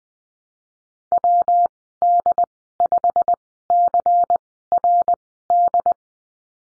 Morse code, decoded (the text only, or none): WD5CRD